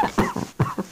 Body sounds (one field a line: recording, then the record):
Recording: coughing mixed with background sound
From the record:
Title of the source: Heavy cold and sore throat coughing.